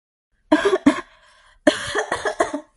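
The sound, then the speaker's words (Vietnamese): Harsh, sputtering coughing from someone who has just come up out of a lake and choked on the water: two quick coughs, a brief pause with a rasping breath, then a run of three more strong coughs. “bị rặt nước ho khù khụ, bối rối ngẩng đầu thấy”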